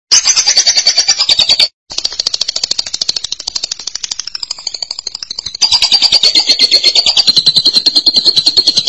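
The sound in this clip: Lovebird song as almost continuous rapid, harsh, high-pitched chattering and trilling, broken only by one brief pause.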